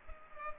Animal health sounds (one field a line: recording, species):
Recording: mosquito wingbeat signal from an infrared sensor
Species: Culex pipiens